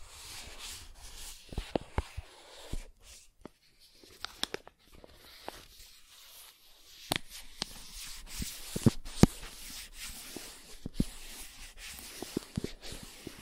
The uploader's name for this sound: Soft Tracing on Smooth and Rough Surfaces